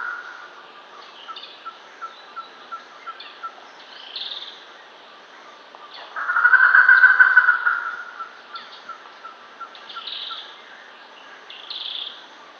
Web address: germains peacock pheasant cackling call